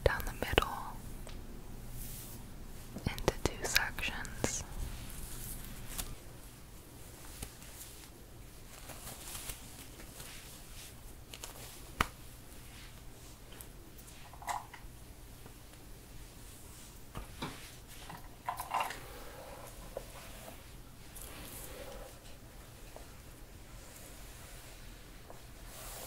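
Hair being brushed and handled, heard as soft, scattered swishes and rustles with occasional sharper clicks. Activity is busiest in the first five seconds, then comes in sparse bursts over a low, steady hum.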